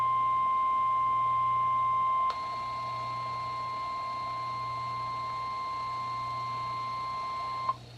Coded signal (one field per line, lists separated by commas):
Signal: Emergency Alert System (SAME) tones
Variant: 1050 Hz attention tone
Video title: EAS #43-#45: Marine Warning Trifecta | KHB36